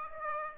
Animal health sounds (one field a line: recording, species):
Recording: mosquito wingbeat signal from an infrared sensor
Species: Aedes aegypti